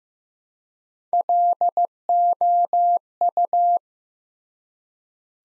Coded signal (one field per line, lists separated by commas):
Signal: Morse code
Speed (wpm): 15 wpm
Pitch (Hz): 700 Hz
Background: none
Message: LOU